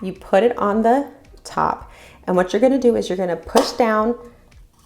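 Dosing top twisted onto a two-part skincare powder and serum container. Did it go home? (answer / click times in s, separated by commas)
no / none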